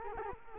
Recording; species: mosquito wingbeat signal from an infrared sensor; Culex quinquefasciatus